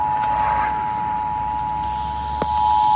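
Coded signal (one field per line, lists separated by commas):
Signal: Emergency Alert System (SAME) tones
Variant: 853 and 960 Hz attention tone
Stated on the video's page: Severe thunderstorm warning aired on FM station 105.1 WIOV.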